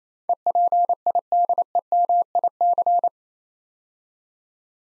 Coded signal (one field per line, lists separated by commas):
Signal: Morse code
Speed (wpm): 27 wpm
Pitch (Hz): 700 Hz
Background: none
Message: EPIDEMIC